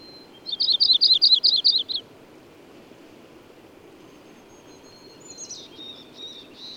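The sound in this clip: Bird song opens with a rapid run of bright, high notes, followed by quiet and a few faint, high chirps near the end.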